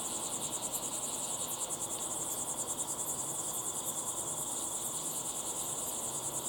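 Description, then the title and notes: Crickets chirp in fast, even pulses high in pitch, forming a constant trilling chorus. Crickets chirping at sunset in the Timanfaya pyroclastic desert, Lanzarote; recorded in the field with ambisonic equipment, converted to binaural audio. "Binaural Cricket Sounds. crickets at sunset in the incredible Timanfaya pyroclastic desert on the island of Lanzarote"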